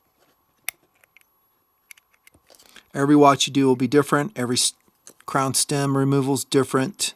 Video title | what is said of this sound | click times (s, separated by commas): MOD YOUR WATCH: How to Make It Awesome | plastic shroud coming in these will just snap into place | 0.7 s